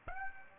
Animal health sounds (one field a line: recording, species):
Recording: mosquito wingbeat signal from an infrared sensor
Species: Aedes aegypti